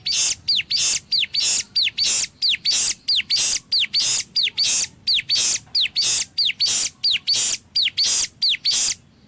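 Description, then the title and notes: Spiderhunter song: curved high whistles alternate with harsh, hissy bursts in a quick, even rhythm. Bird singing actively (gacor) with a clear, long song; cage-bird training song (masteran). "Pijantung Gunung Gacor Jernih Panjang. Masteran burung"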